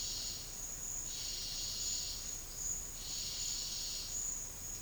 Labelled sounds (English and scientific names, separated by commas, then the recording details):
none
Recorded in dense forest near Puerto Asís, Putumayo, Colombia, on 13 March 2025 at 12:30
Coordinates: 0.484, -76.325
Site G045